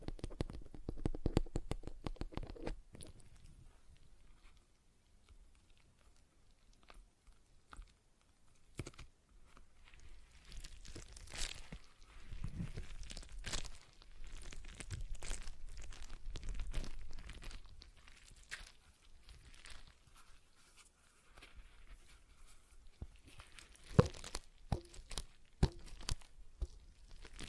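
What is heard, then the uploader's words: Stress ball sounds: a stress ball squeezed and released, making soft crinkling, squishing and crackling noises in irregular bursts. Busier stretches come near the start and around ten to eighteen seconds, with quieter gaps between. A few sharper clicks stand out near twenty-four seconds. ASMR Relaxing Stress Ball Sounds (No Talking).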